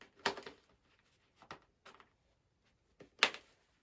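The rear tab of a padded fabric top liner is pressed onto its plastic snap inside an LS2 Street Fighter motorcycle helmet shell. Several short handling sounds come at about 0.3, 0.5, 1.5 and 1.9 seconds, then a sharp, loud snap at 3.2 seconds. The rear of the liner seats in place.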